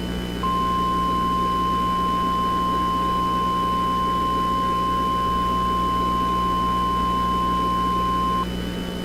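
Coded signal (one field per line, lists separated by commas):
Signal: Emergency Alert System (SAME) tones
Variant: 1050 Hz attention tone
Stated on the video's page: Flash flood warning on a weather radio station, recreated afterward to look realistic, not the live alert.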